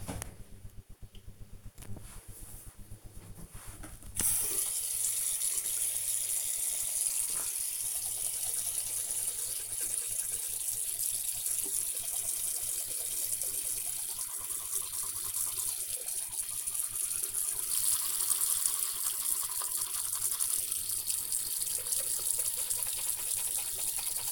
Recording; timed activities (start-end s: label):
household activities, microphone on the right wrist
3.06-24.32 s: brushing teeth